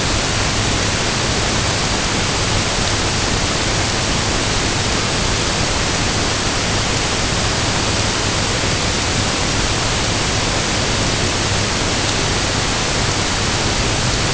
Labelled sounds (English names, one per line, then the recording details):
none
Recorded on Arctic tundra, site UTQI-5, on 21 June 2018
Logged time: 06:00